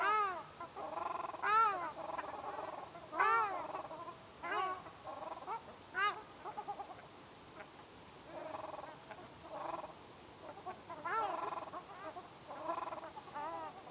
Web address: sound Ruddy-shelduck